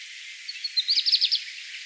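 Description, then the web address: Black redstart singing a short phrase: soft thin notes leading into a rapid series of crackling, rattling syllables. Song, by Lars Lachmann for NABU. "vogelstimmen hausrotschwanz gesang nabu lars lachmann"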